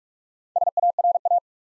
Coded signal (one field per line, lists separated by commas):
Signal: Morse code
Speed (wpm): 44 wpm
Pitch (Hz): 700 Hz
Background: none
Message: SARA